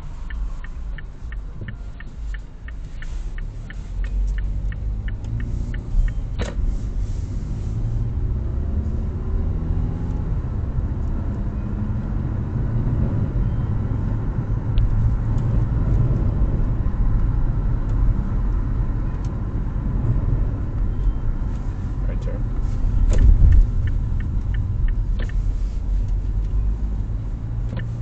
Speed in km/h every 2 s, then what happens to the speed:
3, 4, 12, 21, 35, 42, 46, 47, 47, 44, 39, 32, 28, 35.
0-12 speeds up to 46. 12-18 steady at about 46. 18-23 slows to 28.